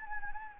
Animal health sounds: mosquito wingbeat signal from an infrared sensor; Anopheles gambiae

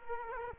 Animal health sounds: mosquito wingbeat signal from an infrared sensor; Culex quinquefasciatus

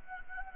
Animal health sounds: mosquito wingbeat signal from an infrared sensor; Anopheles arabiensis

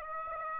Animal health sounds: mosquito wingbeat signal from an infrared sensor; Aedes aegypti

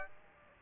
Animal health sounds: mosquito wingbeat signal from an infrared sensor; Aedes aegypti

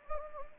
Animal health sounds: mosquito wingbeat signal from an infrared sensor; Anopheles gambiae

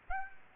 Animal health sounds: mosquito wingbeat signal from an infrared sensor; Aedes aegypti

